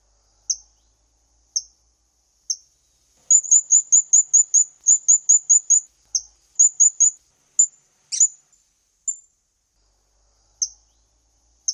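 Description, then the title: Hanging parrot giving very high, thin squeaky notes, single chips spaced about a second apart, then a quick run of rapid twittering notes in the middle, with one sharp click. "SERINDIT"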